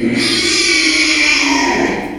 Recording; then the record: squeal of a Yucatan mini pig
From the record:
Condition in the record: after surgery on the right vocal fold (resection and tissue-engineered implant); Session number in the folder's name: 2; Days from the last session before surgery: 13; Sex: male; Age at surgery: 12 weeks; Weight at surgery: 13 kg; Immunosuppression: cyclosporine, prednisolone